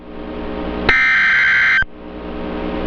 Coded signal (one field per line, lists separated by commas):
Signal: Emergency Alert System (SAME) tones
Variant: header bursts